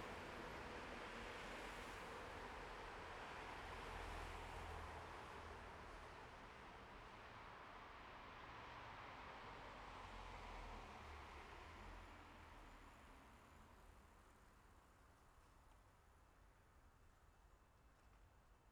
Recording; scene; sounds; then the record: everyday scene through a hearing-aid microphone; in traffic; traffic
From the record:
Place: bus stop on a city main road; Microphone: behind the ear, left, front